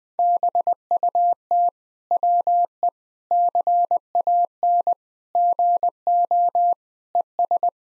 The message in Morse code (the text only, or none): BUT WE CAN GO ES